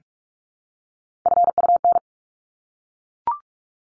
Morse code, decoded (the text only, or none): FUN